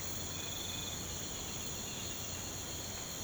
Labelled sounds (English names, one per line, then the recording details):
none
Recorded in pastures near Puerto Asís, Putumayo, Colombia, on 19 March 2025 at 05:30
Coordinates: 0.472, -76.329
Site G074